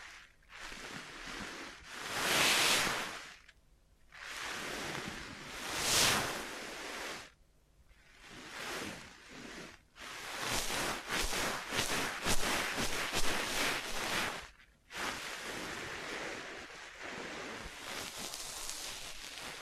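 Scratching and tracing sounds rise and fall in bright, hissy swells, with three slow surges in the first seven seconds that resemble surf. From about ten seconds the scratching turns denser and choppier, broken by quick taps, before settling into a steadier, softer rasp.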